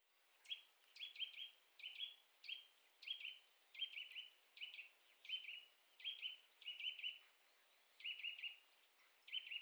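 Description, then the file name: Eurasian nuthatch giving sharp, high piping call notes, single or in quick doublets and triplets, repeated steadily over a quiet background. "Sitta europaea"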